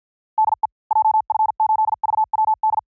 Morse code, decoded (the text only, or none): DE JF8VWD